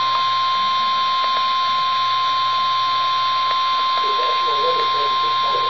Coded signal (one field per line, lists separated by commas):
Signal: Emergency Alert System (SAME) tones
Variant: 1050 Hz attention tone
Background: speech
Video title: EAS Alert #43 - Severe Thunderstorm Warning #10 5/22/11